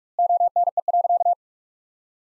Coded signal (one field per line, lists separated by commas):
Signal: Morse code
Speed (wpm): 41 wpm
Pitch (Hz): 700 Hz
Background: none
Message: ONE.